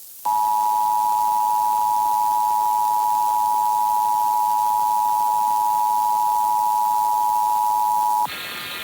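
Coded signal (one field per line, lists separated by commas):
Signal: Emergency Alert System (SAME) tones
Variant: 853 and 960 Hz attention tone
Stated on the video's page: Deliberately degraded test: audio repeatedly exported as low-bitrate mp2, with noise and extra tones added, to mimic poor daisy-chain relay audio.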